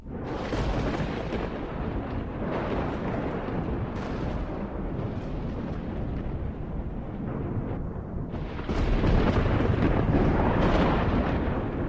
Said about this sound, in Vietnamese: Rồi đột nhiên trời đang trăng sáng, chẳng hiểu từ đâu gió bão mây mù kéo đến ùn ùn. Liên tiếp những tia sấm chớp lập lòe trên bầu trời, kèm theo những tiếng đinh tai nhức óc.